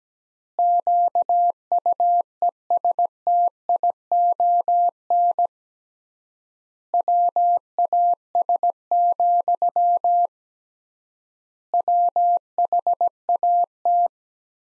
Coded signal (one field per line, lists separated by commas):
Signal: Morse code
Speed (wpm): 17 wpm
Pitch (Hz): 700 Hz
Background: none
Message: QUESTION WAS, WHAT